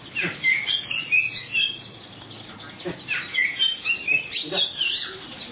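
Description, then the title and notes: Oriental magpie-robin song: bright whistled notes and short warbled phrases in two bursts, with a brief quiet gap between them, over faint background hiss. "suara kacer. kumpulan suara burung kacer"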